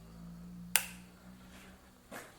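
A click-type torque wrench tightens the last differential bearing cap bolt on a Jeep Willys and gives a single sharp, loud click at 0.8 s, and the result is judged perfect. A steady low hum runs underneath. A softer broadband rustle comes near 2.1 s, followed by a faint tick at 2.4 s.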